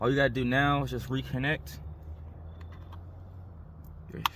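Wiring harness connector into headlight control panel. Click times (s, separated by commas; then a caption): 4.3 s. Someone talks, then a wiring harness connector is pushed into the back of a BMW F chassis 5/6/7 series headlight control panel while retrofitting the euro panel for a euro rear foglight. After a low steady hum with a few faint ticks, a single sharp click at 4.3 s shows the connector has seated.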